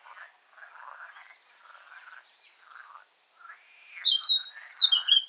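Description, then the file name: Eurasian blackcap singing a quiet, chattering warble that ends in loud, clear, fluty whistled notes falling in pitch. "Sylvia atricapilla"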